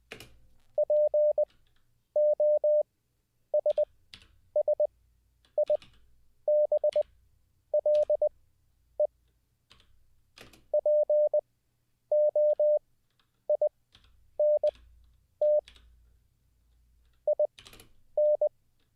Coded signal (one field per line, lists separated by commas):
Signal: Morse code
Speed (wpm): 20 wpm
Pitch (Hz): 600 Hz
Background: none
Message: POSSIBLE POINT IN